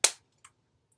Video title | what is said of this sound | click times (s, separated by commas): Online Workshop Make & Take #3 | you want to make sure because these are alcohol markers they'll dry out so you want to make sure you hear the snap when you close the markers | 0.1 s